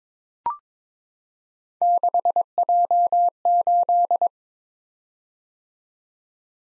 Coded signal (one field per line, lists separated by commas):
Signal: Morse code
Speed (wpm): 22 wpm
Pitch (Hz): 700 Hz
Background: none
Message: 6J8